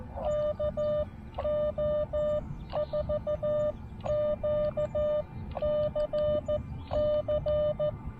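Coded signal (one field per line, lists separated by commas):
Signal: Morse code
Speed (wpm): 15 wpm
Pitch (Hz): 590 Hz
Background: none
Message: KO4QCC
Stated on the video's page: Morse from a first CW Parks on the Air activation.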